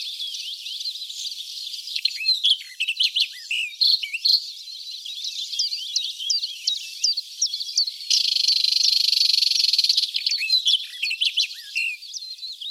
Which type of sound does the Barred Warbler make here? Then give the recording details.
song. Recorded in the wild. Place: Ahlenmoor, Schleswig-Holstein, DE. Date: 1980-05-29. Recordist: Schwarz, Dieter